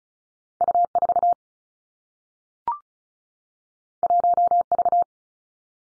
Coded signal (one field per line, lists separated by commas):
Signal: Morse code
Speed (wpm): 36 wpm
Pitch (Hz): 700 Hz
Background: none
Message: U 4 1 V